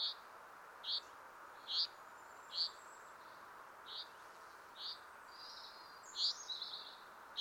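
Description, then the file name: Common chaffinch calls: short, sharp high notes repeated roughly every second, with a few fainter chirps between them, over a steady background hiss. "Fringilla coelebs"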